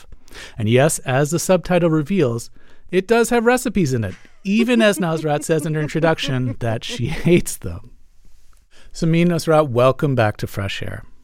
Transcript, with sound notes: And, yes, as the subtitle reveals, it does have recipes in it.
(Laughter).
Even as Nosrat says in her introduction that she hates them. Samin Nosrat, welcome back to FRESH AIR.